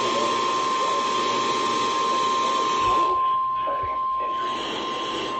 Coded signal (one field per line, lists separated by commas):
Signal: Emergency Alert System (SAME) tones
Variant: 1050 Hz attention tone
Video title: Oklahoma County Severe Thunderstorm Warning eas#3 #eas #emergencyradio